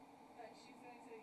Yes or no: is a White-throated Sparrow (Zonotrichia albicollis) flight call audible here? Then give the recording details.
no. No flight call is heard. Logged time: 02:38 on 28 November 2014